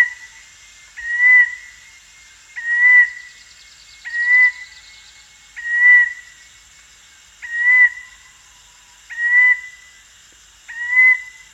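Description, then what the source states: Dark-throated Oriole calls: a pure whistle repeated seven times at even intervals of about one and a half seconds over a constant high-pitched drone. Recorded at Danum, Borneo, on 1 January 2008.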